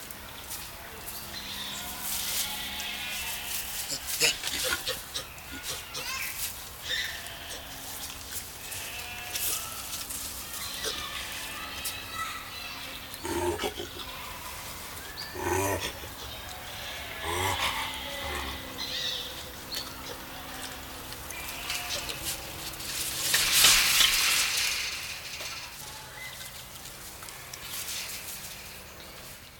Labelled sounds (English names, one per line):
Mandrill call